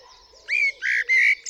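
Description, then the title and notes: Common blackbird song: three short fluty, warbled notes near the same pitch, the last one bright and sustained, over a faint low background hum. Singing on a studio roof, UK, 8 April 2020 around 7am during Covid-19 lockdown; recorded with a parabolic dish, MKH50 and MKH30 microphones in M/S and a Sonosax R4+ recorder. "Blackbird On A Still Morning. I would like to share this recording I made this morning on the 8th April 2020 around 7am. A Blackbird singing on the roof of my studio"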